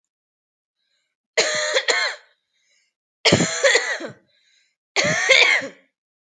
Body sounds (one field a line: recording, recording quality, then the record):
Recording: heavy voluntary cough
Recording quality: excellent, no background noise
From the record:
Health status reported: healthy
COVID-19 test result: negative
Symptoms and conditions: cough, cold, fever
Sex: female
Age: 29 years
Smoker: not ticked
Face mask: not worn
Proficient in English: yes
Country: India